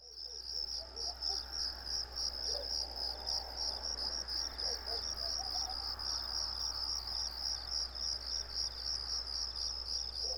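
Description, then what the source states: Crickets chirping in a steady high, pulsing trill that runs without a break, over a constant low hum. Crickets on a residential street.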